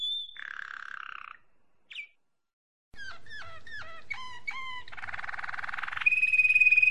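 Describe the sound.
Domestic canary song in varied tours: a pure whistle, a buzzy roll, a brief gap, then fast descending chirp trills and a ringing high whistled note at the end.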